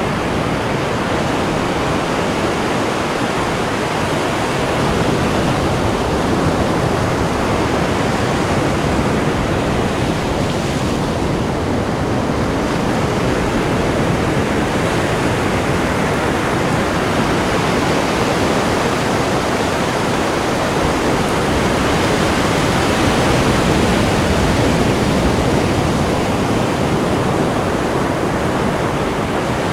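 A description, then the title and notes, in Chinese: Big surf makes a dense, unbroken roar that fills everything from low rumble to bright hiss. The level stays nearly constant for the whole half minute, with no separate wave crashes standing out. Around the eleven-second mark the hiss eases slightly. 大自然的声音-大冲浪。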